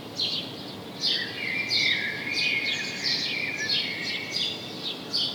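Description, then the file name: House sparrow calls: quick falling chirps in an uneven series, with a sustained lower note and constant light background noise. "Passer domesticus"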